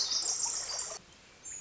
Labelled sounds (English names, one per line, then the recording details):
Pacific Wren
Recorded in Sonoma County, California